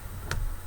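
A plastic part of a Hobby Boss 1/16 scale Pz.Kpfw. VI Tiger tank model is turned and pushed onto the drive shaft until it pops into place. A single sharp tick is heard at 0.3 s over a low background hum, and the part is seated.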